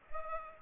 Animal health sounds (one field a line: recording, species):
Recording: mosquito wingbeat signal from an infrared sensor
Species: Culex pipiens